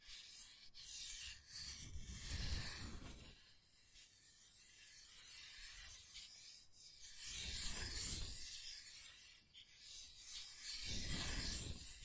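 Scratching and tracing strokes rub across a surface in a loose, uneven rhythm, each pass a gritty, rasping sweep lasting a second or two. Heavier, lower-pitched pushes land around 2, 8 and 11 seconds, with lighter, hissy scraping and a few small ticks between them.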